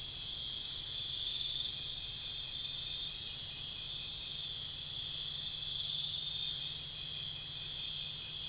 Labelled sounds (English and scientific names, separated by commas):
none